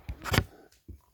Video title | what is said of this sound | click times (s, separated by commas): Erreur 74 moteur yamaha pw-se batterie in-tube diagonale | allez entendre un clic voilà donc | 0.4 s